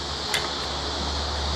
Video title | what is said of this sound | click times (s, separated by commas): Dressmaker 100 Threading | bobbin winder, snaps in place, | 0.3 s